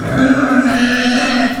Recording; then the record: squeal of a Yucatan mini pig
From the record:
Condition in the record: after surgery on the right vocal fold (resection and tissue-engineered implant); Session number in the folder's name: 6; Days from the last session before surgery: 40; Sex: female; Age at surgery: 19 weeks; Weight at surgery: 25 kg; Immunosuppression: prednisolone